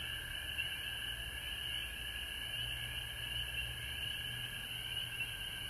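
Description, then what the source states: Frog chorus with a bright, continuous high trill and a sustained lower trill underneath, plus a soft low hum. Frogs recorded at home in Georgia on March 19, 2020.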